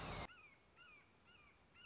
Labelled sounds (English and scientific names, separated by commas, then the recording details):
Red-shouldered Hawk (Buteo lineatus)
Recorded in Sonoma County, California